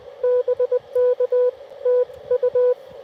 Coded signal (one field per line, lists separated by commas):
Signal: Morse code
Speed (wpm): 24 wpm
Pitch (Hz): 500 Hz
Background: none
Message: BK TU